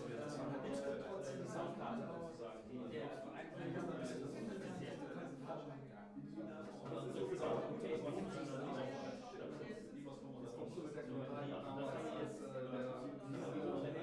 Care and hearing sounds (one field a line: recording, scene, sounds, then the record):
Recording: everyday scene through a hearing-aid microphone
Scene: many people talking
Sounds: many voices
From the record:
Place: bistro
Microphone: behind the ear, left, front